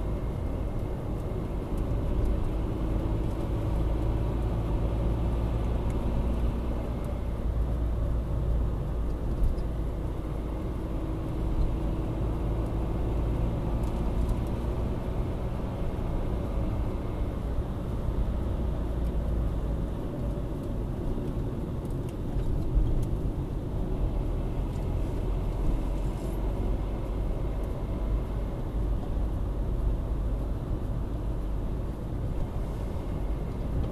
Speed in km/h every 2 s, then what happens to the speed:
55, 54, 57, 58, 58, 57, 60, 63, 64, 58, 47, 41, 46, 54, 53, 53, 54.
0-11 steady at about 57. 11-17 speeds up to 64. 17-21 brakes to 41. 22-26 speeds up to 54. 26-34 steady at about 53.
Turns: 18-23.